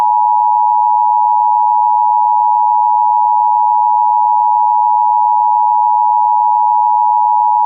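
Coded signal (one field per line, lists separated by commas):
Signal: Emergency Alert System (SAME) tones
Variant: 853 and 960 Hz attention tone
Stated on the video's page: Simulated nationwide activation in a hypothetical mock broadcast with realistic audio design.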